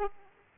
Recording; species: mosquito wingbeat signal from an infrared sensor; Aedes aegypti